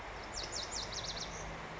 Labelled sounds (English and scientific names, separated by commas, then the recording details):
Lazuli Bunting (Passerina amoena)
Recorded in Sonoma County, California